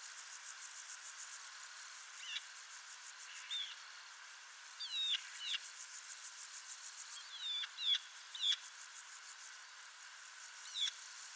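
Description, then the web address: Bird giving scattered sharp hooked chirps over a constant buzzing insect chorus. Call type labelled "Pi Pi Pi Pi"; recorded in 2025. "cianscape birddata Deverinetal 2025 File origin Bird Only More Classes Pi Pi Pi Pi"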